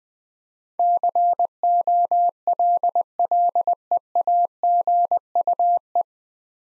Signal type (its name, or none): Morse code